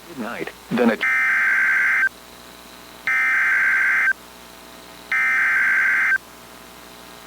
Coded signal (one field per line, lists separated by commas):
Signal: Emergency Alert System (SAME) tones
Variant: header bursts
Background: speech